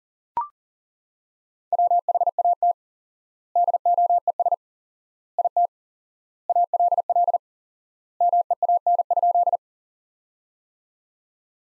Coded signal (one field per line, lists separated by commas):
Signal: Morse code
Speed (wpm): 37 wpm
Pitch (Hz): 700 Hz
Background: none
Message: WHAT DOES IT ALL MEAN?